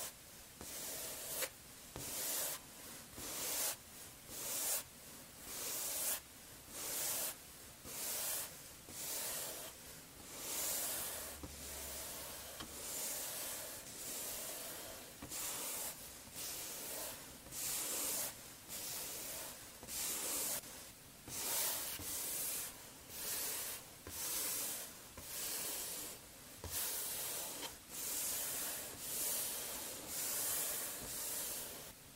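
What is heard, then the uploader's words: Body mousse cleansing and face touching: repeated soft hissing rubs and foamy swishes, regular bursts about every second with faint crackle. ASMR Relaxing Massage (Cleansing, Face Touching, Body Mousse, Personal Attention, No Talking).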